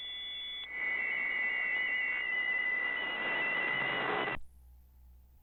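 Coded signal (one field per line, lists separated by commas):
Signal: PSK63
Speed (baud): 62.5 baud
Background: radio noise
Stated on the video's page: Data-mode contest traffic in the RSGB AFS Datamode Contest.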